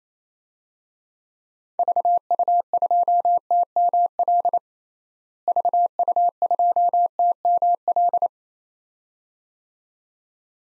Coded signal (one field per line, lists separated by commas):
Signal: Morse code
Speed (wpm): 28 wpm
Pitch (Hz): 700 Hz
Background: none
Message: VU2TML VU2TML